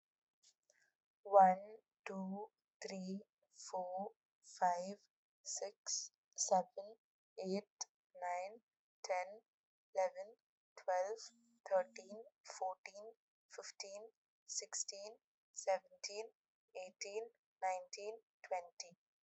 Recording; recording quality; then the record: counting at a normal pace; excellent, no background noise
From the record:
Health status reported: COVID-19 positive, mild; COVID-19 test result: positive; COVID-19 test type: rapid antigen test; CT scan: not taken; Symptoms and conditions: fever, fatigue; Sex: female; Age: 22 years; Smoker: no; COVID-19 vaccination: both doses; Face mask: worn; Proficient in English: yes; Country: India